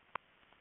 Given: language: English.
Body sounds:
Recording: throat vibration sensor signal played as sound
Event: swallow

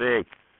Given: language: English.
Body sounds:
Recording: throat vibration sensor signal played as sound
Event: speech

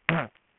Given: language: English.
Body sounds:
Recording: throat vibration sensor signal played as sound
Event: throat clearing

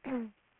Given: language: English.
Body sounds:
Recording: throat vibration sensor signal played as sound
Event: throat clearing

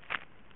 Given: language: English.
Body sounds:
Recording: throat vibration sensor signal played as sound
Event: swallow

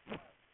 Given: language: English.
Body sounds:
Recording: throat vibration sensor signal played as sound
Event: cough

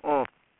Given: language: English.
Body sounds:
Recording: throat vibration sensor signal played as sound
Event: speech

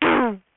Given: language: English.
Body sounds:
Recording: throat vibration sensor signal played as sound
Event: throat clearing

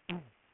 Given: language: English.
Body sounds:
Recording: throat vibration sensor signal played as sound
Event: throat clearing

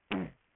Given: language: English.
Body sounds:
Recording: throat vibration sensor signal played as sound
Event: throat clearing

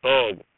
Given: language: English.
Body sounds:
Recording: throat vibration sensor signal played as sound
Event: speech

